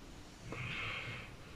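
One soft, hissy snort-like breath lasting under a second: dogs snoring in the background.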